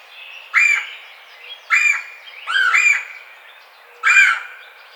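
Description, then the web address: Red-bellied woodpecker giving rolling, throaty churr calls, some doubled, with faint chirping of other birds underneath. Recorded 4 May 2009. "sounds birds Red-bellied Woodpecker 2009 05 04 Red-bellied Woodpecker 01"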